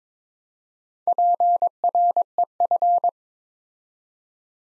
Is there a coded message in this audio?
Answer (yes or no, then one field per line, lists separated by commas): yes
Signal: Morse code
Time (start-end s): 1.1-3.1 s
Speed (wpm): 22 wpm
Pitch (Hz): 700 Hz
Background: none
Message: PREF